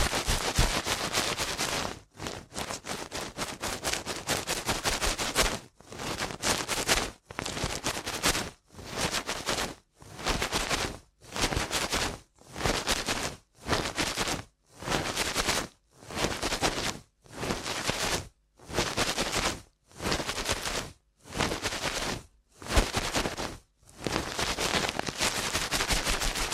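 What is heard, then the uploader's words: Fast ear cleaning makes dense, crackly scratching that runs steadily, then breaks into regular bursts about once per second with brief silent gaps. ASMR Ear Cleaning at Helicopter Speed.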